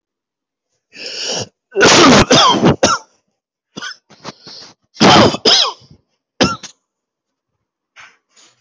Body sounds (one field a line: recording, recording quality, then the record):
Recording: heavy voluntary cough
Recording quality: excellent, no background noise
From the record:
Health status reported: healthy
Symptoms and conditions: none ticked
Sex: male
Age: 52 years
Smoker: not ticked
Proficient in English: yes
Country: India